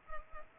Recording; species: mosquito wingbeat signal from an infrared sensor; Culex pipiens